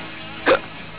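A single short hiccup from an adult: one brief burst of sound against quiet background.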